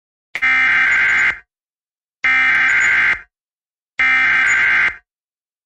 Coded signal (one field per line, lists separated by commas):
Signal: Emergency Alert System (SAME) tones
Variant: header bursts